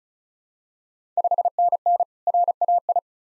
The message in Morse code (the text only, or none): 5NN RAI